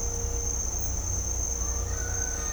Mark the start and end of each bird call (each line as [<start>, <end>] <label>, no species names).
[1.64, 2.52] bird call